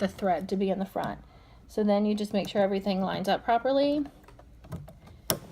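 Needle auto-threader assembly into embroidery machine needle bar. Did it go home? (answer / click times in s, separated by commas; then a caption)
yes / 5.3 s. Someone talks while the needle auto-threader assembly of a Brother embroidery machine is lined up on the needle bar, with the threader portion at the back and the thread gripper at the front. After a few faint handling ticks, it is pressed into place and snaps in with one sharp click at 5.3 s, fully seated.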